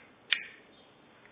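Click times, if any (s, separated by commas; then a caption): 0.3 s. A plastic back battery cover is pushed onto a Samsung S8500 Wave smartphone with one push. It gives a single sharp click at 0.3 s with a short bright ring that fades, followed by a much fainter tick near 1.3 s. The cover is seated and clicks into place.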